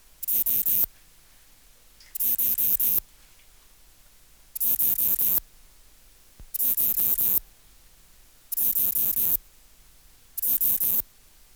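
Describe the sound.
Ephippigerida areolaria bush-cricket song: six scratchy pulsed bursts coming at a steady pace of about one every two seconds.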